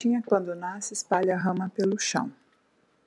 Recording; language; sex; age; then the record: short text; Brazilian Portuguese; female; 30 to 39 years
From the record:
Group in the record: control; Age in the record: 37 years